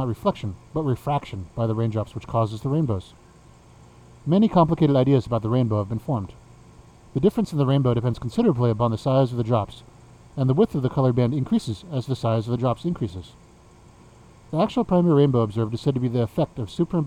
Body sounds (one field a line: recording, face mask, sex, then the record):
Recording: reading aloud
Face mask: surgical mask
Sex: male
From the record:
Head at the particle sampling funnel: facing it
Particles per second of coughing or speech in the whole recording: 0.235